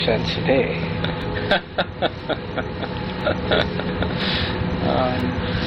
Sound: laughter